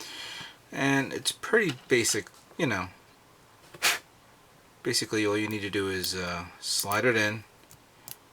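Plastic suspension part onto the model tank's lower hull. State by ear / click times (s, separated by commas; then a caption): seated / 8.1 s. A plastic suspension part is slid onto its mount on the lower hull of a 1/100 plastic model tank while someone talks. After the talk, a short, sharp click at 8.1 s marks the part seating into place.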